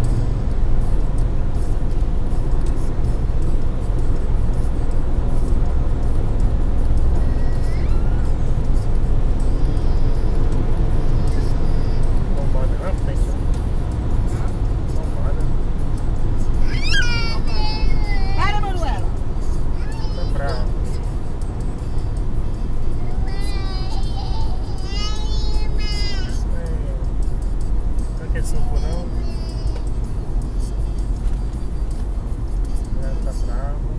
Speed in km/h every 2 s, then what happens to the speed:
135, 138, 144, 146, 149, 151, 148, 141, 134, 127, 122, 117, 112, 108, 104, 100, 94.
0-11 speeds up to 151. 11-34 slows to 94.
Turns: none.